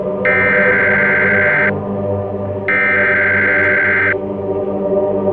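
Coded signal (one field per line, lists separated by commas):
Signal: Emergency Alert System (SAME) tones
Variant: header bursts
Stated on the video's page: Simulated real-time Emergency Alert System broadcast, a fictional nuclear war scenario.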